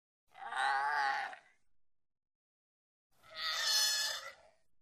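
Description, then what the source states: Sea lion giving two long, harsh, strongly harmonic roaring barks, each lasting over a second, separated by a brief silent pause. Barks, screams, snarls and grunts.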